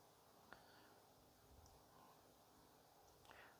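Small barbed plastic LED pieces from the eye-light wiring of a Fanhome R2-D2 model robot are pushed into a plastic light holder. Two sharp, short clicks are heard at 0.5 s and 3.3 s over a quiet background. The LED barbs click into the holder and are seated.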